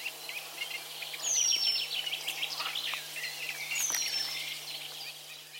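Eurasian penduline tit calls: two high, thin, drawn-out descending whistles against a steady chatter of other birds.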